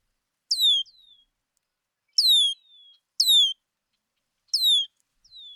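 Red-winged blackbird uttering four bright, descending slurred whistles, most followed by a faint softer tail note, with pauses between.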